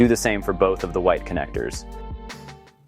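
Someone talks over background music while the two white transformer lead connectors are handled for fitting into their motherboard sockets, to be pushed down the same way as the black ones until each latch clicks. Nothing has seated or clicked yet by the end of the clip.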